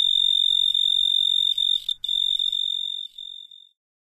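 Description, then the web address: Pine tree cricket trilling, a steady high continuous trill that holds evenly, wavers briefly near the middle, then fades out before the end. Pine tree cricket song, North America. "Songs of Insects. Pine Tree Cricket"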